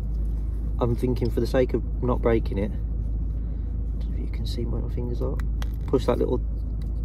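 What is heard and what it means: A footwell LED light is handled against its car interior housing, having been slid in as far as it will go while fingers push it from the side, and someone talks throughout over a steady low rumble. Two brief, faint ticks occur near 4.3 and 6.8 seconds, but nothing has seated or clicked yet; the light is not yet home when the clip ends.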